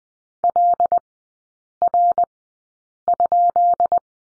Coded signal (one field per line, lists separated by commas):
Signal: Morse code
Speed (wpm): 20 wpm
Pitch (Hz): 700 Hz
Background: none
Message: LR?